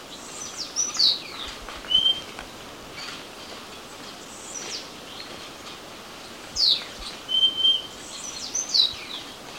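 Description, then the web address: Purple-throated euphonia calls: sharp high slurred notes and short whistles in scattered bursts, some paired, over a steady hiss of background noise. Recorded in Ecuador. "Birds of Ecuador. Purple-throated Euphonia"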